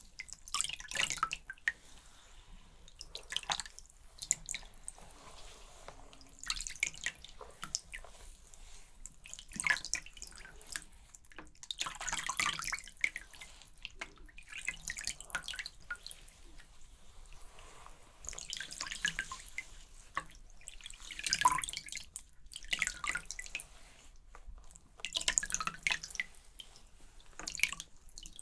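Shampoo being worked through hair makes wet, bright squishing and rubbing in repeated bursts every few seconds, with scattered drips and trickles between.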